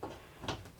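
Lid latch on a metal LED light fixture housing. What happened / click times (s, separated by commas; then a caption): The lid latch snapped closed / 0.5 s. A small latch on the metal housing of an LED light fixture is fastened after the fixture lid is closed. A soft knock comes first, then the latch snaps shut at 0.5 s, and the lid is latched closed.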